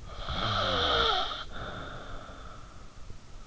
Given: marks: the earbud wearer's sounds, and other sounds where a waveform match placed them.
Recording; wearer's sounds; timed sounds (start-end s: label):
sounds in sleep by an in-ear microphone; snoring breath
0.02-3.22 s: snoring breath